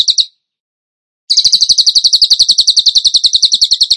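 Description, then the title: Bird trilling with quick, high, sharply repeated notes; a brief burst, a pause of about a second, then a sustained rapid trill to the end. Masteran (training recording) song in the 'tembakan gacor' style, used to train other birds. "Masteran Burung Tembakan Gacor"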